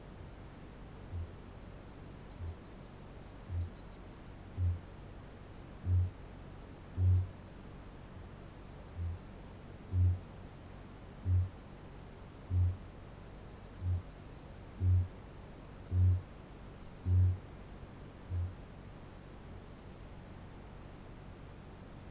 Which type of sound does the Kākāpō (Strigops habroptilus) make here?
boom